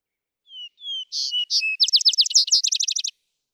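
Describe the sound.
Vesper sparrow song: two plain whistles, two buzzy notes, then a bright, accelerating trill of crisp sweeping notes.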